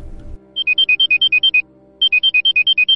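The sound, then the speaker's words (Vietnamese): A woman's mobile phone ringtone plays two bursts of a quick, high-pitched alternating electronic melody, about ten tones each with a brief pause between, over a low steady hum and no talking. “Khi không còn sức để khóc nữa thì chuông điện thoại của cô bỗng reo lên.”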